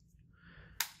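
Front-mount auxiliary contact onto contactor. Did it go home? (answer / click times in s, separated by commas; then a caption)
yes / 0.8 s. A plastic front-mount auxiliary contact is slid into the top of an LS Electric MC contactor, with a faint sliding hiss before it. It snaps into place with one sharp, loud click at 0.8 s. The contact is seated.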